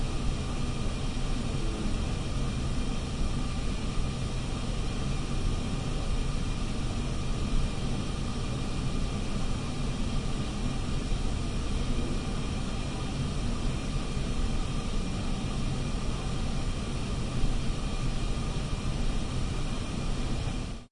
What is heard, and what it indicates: Room tone sound effects patient room ventilator hiss.